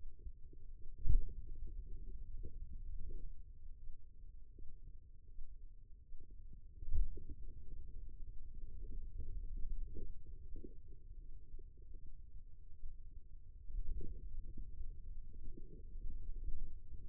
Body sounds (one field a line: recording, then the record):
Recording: forearm muscle sounds (acoustic myography)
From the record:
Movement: finger pinch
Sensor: system 2, bracelet of six BSWA MPA416 microphones around the upper forearm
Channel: 3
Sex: female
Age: 25 years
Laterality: right